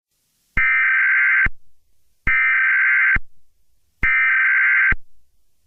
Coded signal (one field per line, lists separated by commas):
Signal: Emergency Alert System (SAME) tones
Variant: header bursts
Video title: EAS Scenario #1: Recipe for Disaster